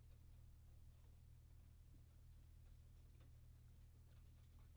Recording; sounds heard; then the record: poultry house recording; no chicken sound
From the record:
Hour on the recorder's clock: 23